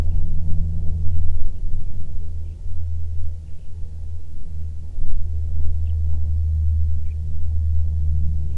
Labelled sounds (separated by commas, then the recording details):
songbird, aircraft
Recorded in the Prudhoe Bay oil fields, Alaska, on 7 August 2019 at 14:19
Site 17